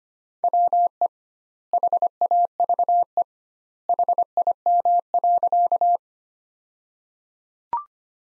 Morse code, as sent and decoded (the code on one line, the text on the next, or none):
.-- . / .... .- ...- . / .... .. -- .-.-.-
WE HAVE HIM.